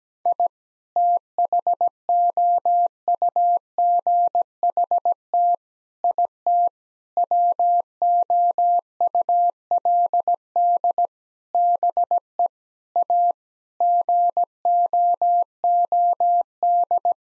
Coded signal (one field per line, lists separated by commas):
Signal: Morse code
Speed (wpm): 17 wpm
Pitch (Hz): 700 Hz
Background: none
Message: I THOUGHT IT WOULD BE A GOOD